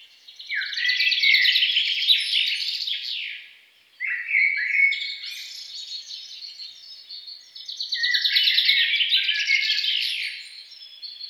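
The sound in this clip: Songbird song in three loud bursts of fast, jumbled, high-pitched trills and chirps, with a brief pause after the first.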